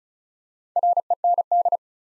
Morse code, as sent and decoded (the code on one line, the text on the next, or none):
.-. . -. -..
REND